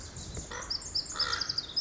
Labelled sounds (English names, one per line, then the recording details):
Pacific Wren
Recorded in Sonoma County, California